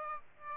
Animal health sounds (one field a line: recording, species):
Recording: mosquito wingbeat signal from an infrared sensor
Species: Aedes aegypti